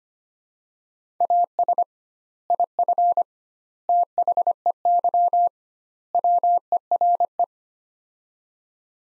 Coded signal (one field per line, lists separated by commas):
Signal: Morse code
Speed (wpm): 25 wpm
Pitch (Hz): 700 Hz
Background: none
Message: AS IF THEY WERE